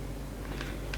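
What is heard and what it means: A textile loop band's strap connector is pushed again into the slot of a Galaxy Fit 2 fitness tracker body, pressed with a power bank underneath, under a steady low hum. Two brief faint ticks come at about 0.6 s and 0.9 s. The strap end has not seated and nothing has clicked in yet.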